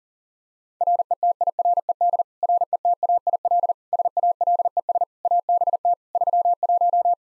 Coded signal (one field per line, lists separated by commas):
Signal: Morse code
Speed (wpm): 40 wpm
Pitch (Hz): 700 Hz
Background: none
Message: RETIRED RETAIL SALES ABT 31